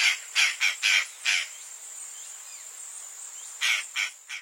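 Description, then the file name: Purplish jay harsh squawks: a quick burst of about five calls, then a quiet gap with faint chirps, then three more raspy calls. Pantanal. "canto da gralha do pantanal"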